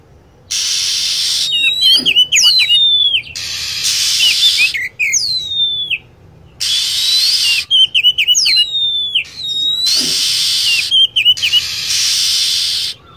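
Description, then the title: Lovebird calls: piercing down-slurred whistles and clipped chirps mixed with repeated stretches of harsh, noisy screeching. Lure recording used to attract lovebirds. "PIKAT BURUNG LOVEBIRD"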